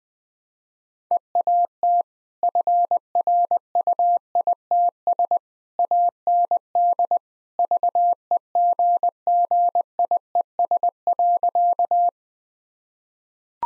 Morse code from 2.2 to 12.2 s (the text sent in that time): FRUITS AND VEGGIES.